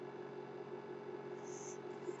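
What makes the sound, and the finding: Home mechanical ventilator (device). Home mechanical ventilator noise.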